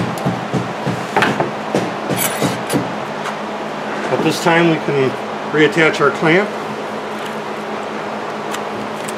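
A clamp is handled as it is reattached to the test fixture on a 40MT starter motor during solenoid pressure testing, with short handling knocks, including a sharp one near 1.2 s, under music and steady background hum. Someone talks throughout. The clip ends before the clamp locks into place, so nothing has seated yet.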